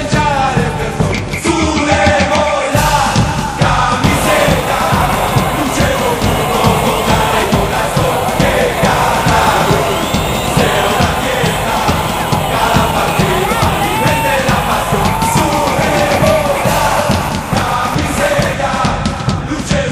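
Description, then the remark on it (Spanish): A dense crowd of Peruvian football fans in a stadium roars and chants "Perú campeón" continuously, voices rising in rhythmic, sustained waves of cheering that stay loud and full throughout without pause. “No hay un solo peruano que no sienta la emoción de ir a la cancha y alentar cada segundo, que lo escuche todo el mundo.”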